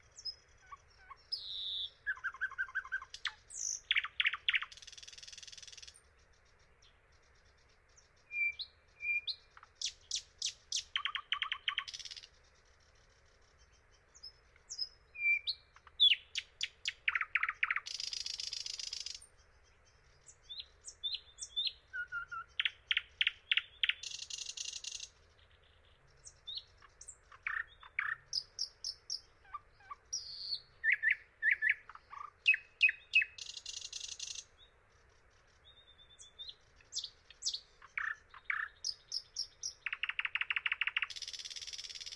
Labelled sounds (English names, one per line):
Thrush Nightingale song